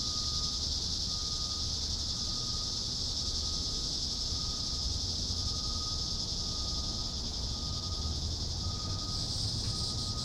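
Constant high-pitched cicada buzzing over a noticeable low rumble and a faint steady whine, the drone wavering a little near the end.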